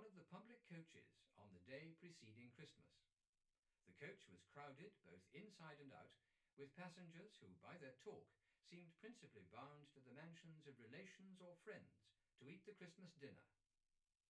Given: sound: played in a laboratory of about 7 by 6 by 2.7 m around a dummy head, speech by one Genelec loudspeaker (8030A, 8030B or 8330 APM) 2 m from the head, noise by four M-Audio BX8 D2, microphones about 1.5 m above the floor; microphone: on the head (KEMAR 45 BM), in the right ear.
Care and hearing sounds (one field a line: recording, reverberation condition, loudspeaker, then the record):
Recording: male speech in English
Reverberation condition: low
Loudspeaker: 150 degrees to the left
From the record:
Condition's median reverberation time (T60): about 310 ms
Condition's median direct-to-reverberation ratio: about 3.5 dB